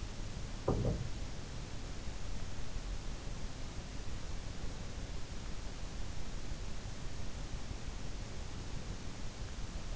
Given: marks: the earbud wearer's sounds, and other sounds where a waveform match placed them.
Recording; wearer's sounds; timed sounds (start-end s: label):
sounds in sleep by an in-ear microphone; body movement
0.00-1.90 s: body movement